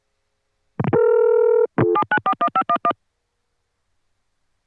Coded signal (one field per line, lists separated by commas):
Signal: DTMF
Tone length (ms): 70 ms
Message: 7941511